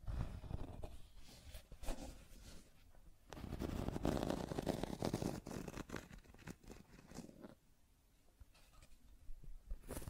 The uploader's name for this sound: Scratching and Tracing Sounds